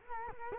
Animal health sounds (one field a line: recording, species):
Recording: mosquito wingbeat signal from an infrared sensor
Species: Culex quinquefasciatus